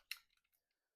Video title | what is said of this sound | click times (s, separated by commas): iRobot Roomba s9+ Tread Replacement Guide: DIY Fix in 2025 Save Money! | you'll hear this click into into the spot | 0.1 s